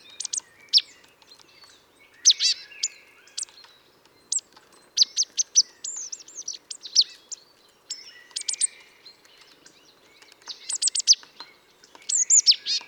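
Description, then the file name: Marsh tit calls: sharp, high chirping notes in scattered bursts and short clusters throughout, with brief pauses between groups and faint background noise. "Poecile palustris"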